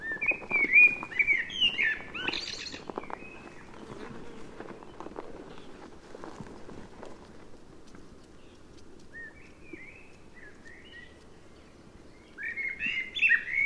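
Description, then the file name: Common blackbird singing mellow fluted phrases with high twittery endings at the start, a pause with a faint phrase midway, then another rich warbled phrase closing. "Turdus merula"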